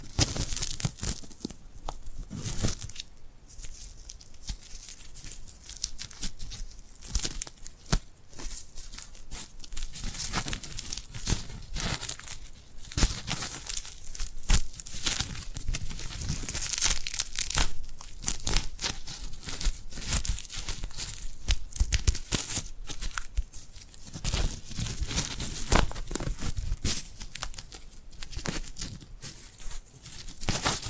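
Sticky, glued hands peel and crackle in dense, irregular bursts of bright tearing and crinkling that continue throughout, with a few sharp snaps.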